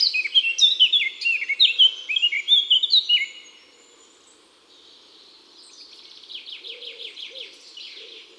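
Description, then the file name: Eurasian blackcap song: a loud, rapid warbled phrase of clear notes, then a quieter, buzzy repeated twittering, with soft low arched notes of another bird at the end. Song; woods and forests. "Fauvette a tete noire Chants doiseaux des bois et des forets"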